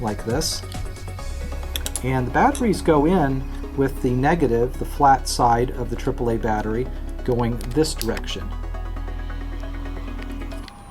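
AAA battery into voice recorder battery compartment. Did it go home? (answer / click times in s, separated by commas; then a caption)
yes / 10.2 s, 10.7 s. AAA batteries are pressed flat negative end first into the battery compartment of an Olympus VN-5200 PC handheld digital voice recorder while someone talks over background music. Sharp clicks at 10.2 s and 10.7 s mark the batteries snapping into place, seated.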